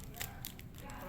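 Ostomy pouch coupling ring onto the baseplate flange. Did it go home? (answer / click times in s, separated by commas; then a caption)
yes / 0.5 s. The plastic coupling ring of a two-piece ostomy pouch is pressed onto the matching flange of the skin baseplate and clicks into place at 0.4 s. A short, sharp snap is heard over a steady low background, with fainter ticks around it. The bag is seated and securely attached.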